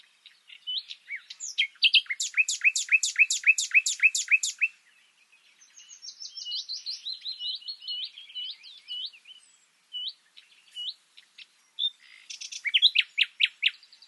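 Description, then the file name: Common nightingale song with a loud burst of rapid repeated notes, a short pause, softer varied warbling and upslurred whistles, then another quick repeated burst. "Luscinia megarhynchos"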